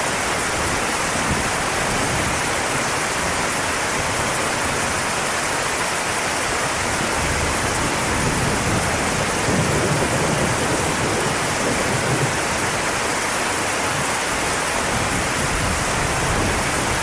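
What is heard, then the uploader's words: Rain falls steadily, a dense, unbroken hiss that fills the whole range from low rumble to bright top, with a slight emphasis in the upper middle. The level holds even throughout, with only faint flickers of drops and no distinct events. Rain sounds.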